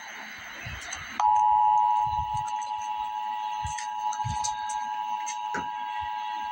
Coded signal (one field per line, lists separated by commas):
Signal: Emergency Alert System (SAME) tones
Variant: 853 and 960 Hz attention tone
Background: speech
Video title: Emergency Alert System - Severe Thunderstorm Warning - Mar 11, 2026 at 11:04 AM EDT